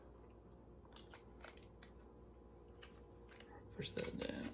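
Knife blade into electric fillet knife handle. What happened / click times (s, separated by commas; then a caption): Blade handled against the handle, not yet locked in / none. A new seven-inch E-Flex blade is fitted into a Bubba electric fillet knife handle using a locking tab and pushed down. Small handling ticks sound at about 1.0, 1.1, 1.5, 1.8, 2.8 and 3.4 seconds, rising into louder rustling near the end while someone talks. The blade has not seated or locked into the handle yet.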